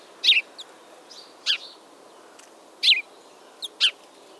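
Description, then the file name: House sparrow calls: loud clipped chirps, some doubled, spaced irregularly with a few faint ticking notes between, against a quiet hissing background. "Passer domesticus"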